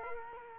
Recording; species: mosquito wingbeat signal from an infrared sensor; Culex quinquefasciatus